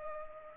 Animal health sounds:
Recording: mosquito wingbeat signal from an infrared sensor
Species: Culex pipiens

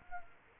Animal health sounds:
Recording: mosquito wingbeat signal from an infrared sensor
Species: Aedes aegypti

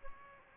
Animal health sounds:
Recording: mosquito wingbeat signal from an infrared sensor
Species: Aedes albopictus

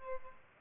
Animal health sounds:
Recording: mosquito wingbeat signal from an infrared sensor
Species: Aedes albopictus

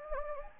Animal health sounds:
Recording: mosquito wingbeat signal from an infrared sensor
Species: Anopheles gambiae

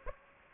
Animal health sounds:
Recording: mosquito wingbeat signal from an infrared sensor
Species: Aedes aegypti

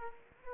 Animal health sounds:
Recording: mosquito wingbeat signal from an infrared sensor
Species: Aedes aegypti

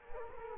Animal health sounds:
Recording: mosquito wingbeat signal from an infrared sensor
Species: Culex quinquefasciatus

